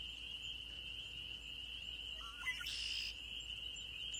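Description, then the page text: Spring peepers ring in a dense, steady high chorus, while a short burst of chirping notes cuts in briefly near the middle. Maryland, USA. "Maryland Biodiversity. Spring Peeper ( Pseudacris crucifer )"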